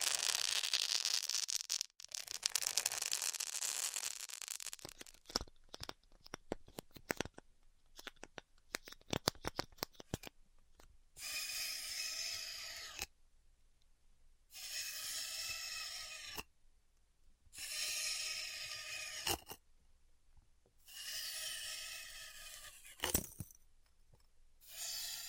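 Styrofoam being cut with heat opens on a dense, bright hiss that gives way to scattered crackles and sharp ticks. From about eleven seconds, five humming, hissing bursts of roughly two seconds each follow, separated by short silences.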